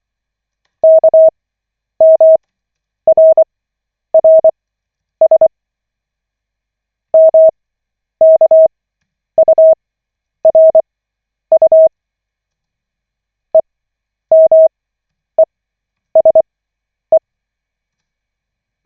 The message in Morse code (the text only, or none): KMRRS MKURU EMESE